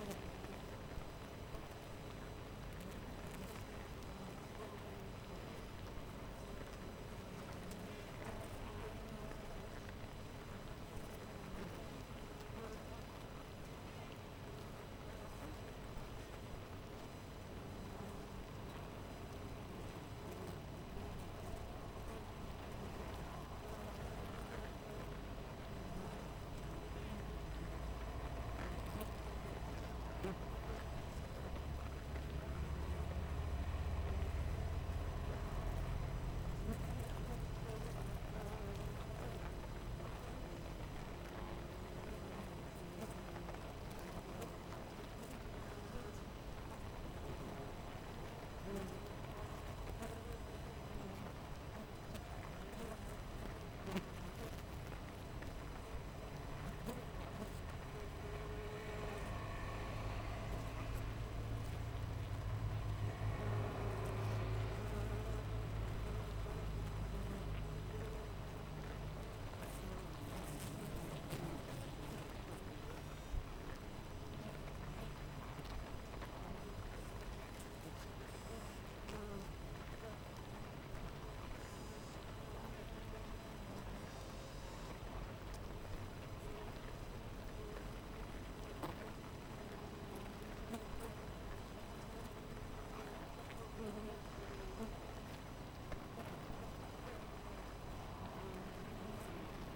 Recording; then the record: honeybee colony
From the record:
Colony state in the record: missing queen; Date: 14 July 2017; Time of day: 6:56